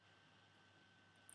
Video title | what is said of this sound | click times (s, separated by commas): NESTWORKS Toyhack Instructions [English] | and this is how it's put together first clip the two smaller components together | 1.3 s